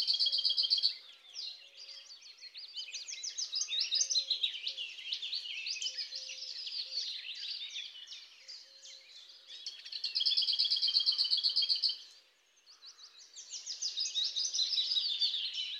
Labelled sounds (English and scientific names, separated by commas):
Lesser Whitethroat (Sylvia curruca) song